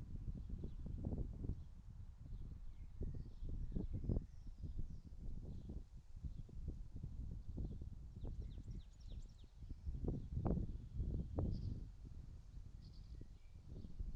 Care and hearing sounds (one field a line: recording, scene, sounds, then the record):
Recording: everyday scene through a hearing-aid microphone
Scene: wind on the microphone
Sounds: wind, birds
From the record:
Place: in front of a rural house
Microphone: in the ear canal, right